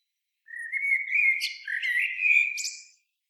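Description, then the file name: Common blackbird song phrase, a rich fluty warble lasting over two seconds with thin high squeaky notes near the end. "Turdus merula"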